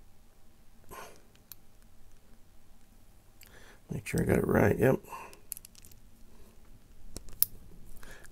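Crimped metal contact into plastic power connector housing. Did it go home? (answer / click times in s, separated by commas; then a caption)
yes / 7.4 s. A crimped metal contact is pushed into a plastic power connector housing until it locks behind the retaining spring. Someone talks, with soft handling noises and a few light ticks. A sharp click at 7.4 seconds marks the contact seating in the housing.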